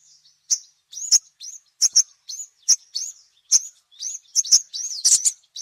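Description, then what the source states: Little spiderhunter song: high, sharp chirps and short downslurred notes given singly and in pairs, spaced irregularly, with quiet gaps between. Masteran for training songbirds; the 'Labaik' song variety.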